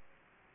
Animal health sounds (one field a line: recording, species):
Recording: mosquito wingbeat signal from an infrared sensor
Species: Aedes aegypti